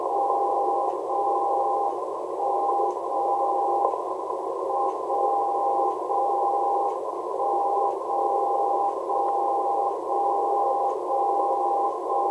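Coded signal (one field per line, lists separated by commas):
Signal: radio time signal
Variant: WWVB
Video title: WWVB 60kHz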